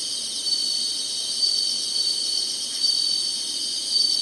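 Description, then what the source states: Insect chorus, a constant high shrill drone with small bright trills flickering over it. Summer.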